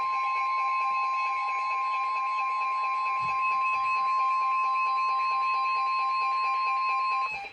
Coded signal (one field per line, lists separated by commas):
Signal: Emergency Alert System (SAME) tones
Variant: 1050 Hz attention tone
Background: music